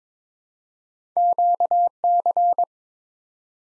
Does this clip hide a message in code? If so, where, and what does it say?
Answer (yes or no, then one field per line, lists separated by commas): yes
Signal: Morse code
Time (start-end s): 1.2-2.6 s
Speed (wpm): 22 wpm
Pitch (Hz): 700 Hz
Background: none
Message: QC